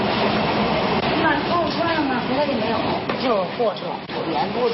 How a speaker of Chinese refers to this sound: 你看一会儿一火车就过来。 哦，你听这声音。